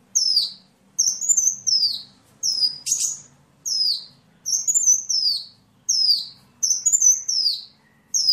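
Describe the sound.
Bird song made of high whistles that sweep downward, repeated in quick pairs and singles.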